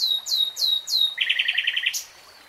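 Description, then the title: Nightingale song: four loud descending whistles followed by a quick rattling trill of repeated notes that ends abruptly. From a 3-hour real-time recording. "[Tiếng chim hót] REALTIME Nightingale Singing"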